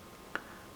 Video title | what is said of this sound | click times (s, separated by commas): Pt 5- Upgrades- Building the Oh Cr&p G=n- Nobody's Bad Day Upgrading the 4.25" SA Prodigy | with that satisfying click, we're there. | 0.4 s